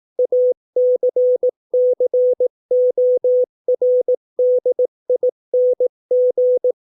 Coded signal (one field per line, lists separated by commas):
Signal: Morse code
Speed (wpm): 18 wpm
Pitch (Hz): 500 Hz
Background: none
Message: ACCORDING